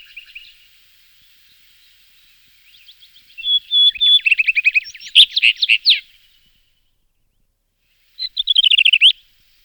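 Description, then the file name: Common rock thrush singing: soft twittering builds into a fast, rich warbled phrase with trills and whistled notes, then a pause before another short burst. "roche 2004 steinroetel"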